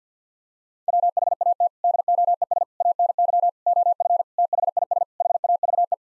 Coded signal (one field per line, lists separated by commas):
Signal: Morse code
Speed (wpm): 50 wpm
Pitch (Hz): 700 Hz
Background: none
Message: WHAT DOES ANY OF THIS HAVE